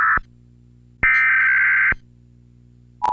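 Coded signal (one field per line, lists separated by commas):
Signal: Emergency Alert System (SAME) tones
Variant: header bursts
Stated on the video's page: Parody remix of EAS National Periodic Test alerts issued via the Primary Entry Point System.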